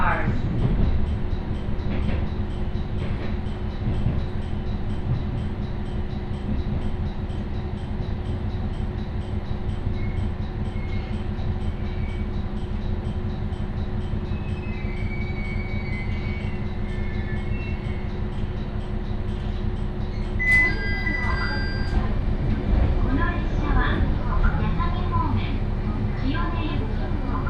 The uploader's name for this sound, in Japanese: 井原鉄道 道上→神辺→備中呉妹